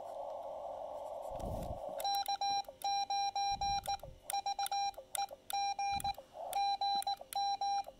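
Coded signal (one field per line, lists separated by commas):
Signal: Morse code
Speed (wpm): 19 wpm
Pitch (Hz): 800 Hz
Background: none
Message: K9VEG GM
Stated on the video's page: Park activation using a simple speaker wire antenna built on site.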